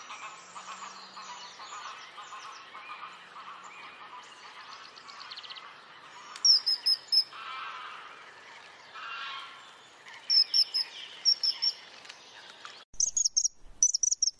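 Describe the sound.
Birds singing in a dense mixed chorus of chirps and trills, with sharp high whistled notes breaking through in bursts later on.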